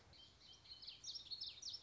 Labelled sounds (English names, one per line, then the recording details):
Common Yellowthroat
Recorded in Sonoma County, California